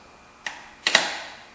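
The upper plastic retaining trim clip with a hook is pushed into the tail light opening of a 2008 Honda CR-V during rear brake light or parking light replacement, the same way as the lower clip. A soft tick at 0.5 s is followed by sharp snaps at 0.9 s and 1.0 s, and the clip is seated.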